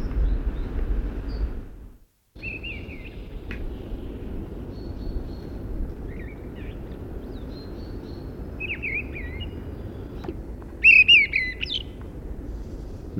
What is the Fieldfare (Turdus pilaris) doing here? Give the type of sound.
song